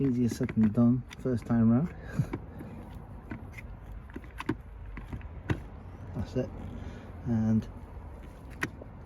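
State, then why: Seated. A plastic UV clarifier/power unit is pushed into the housing of an Oase BioPress 6000 pond pressure filter, while someone talks, during a UV bulb change. Scraping and handling knocks follow as it is twisted. It locks into the filter housing with a sharp click at 8.6 s, and the unit is seated.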